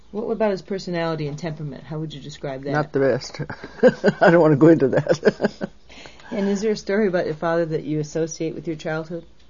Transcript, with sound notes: Wha - what about his personality and temperament? How would you describe that?
Not the best. (Laughs) I don't want to go into that.
And is there a story about your father that you associate with your childhood?